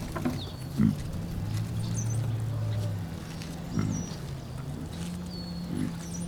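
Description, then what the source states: Pig grunts, three short low grunts spaced a few seconds apart over a steady low hum, with faint high bird chirps. Piglets hanging out together.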